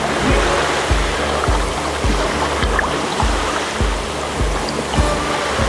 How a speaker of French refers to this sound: Les vagues, on les appelle les vagues de série, elles viennent par 3-4 et c'est des vagues qui sont plus grosses que les autres. Et c'est celle-là qui nous intéresse.